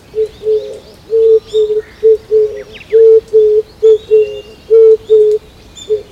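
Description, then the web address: Oriental turtle dove cooing: low, hoarse hooting notes in steady rhythmic groups throughout. Recorded in Azamidani, Japan, during a walk. "raivu sansaku azamidani sound bird kizibato"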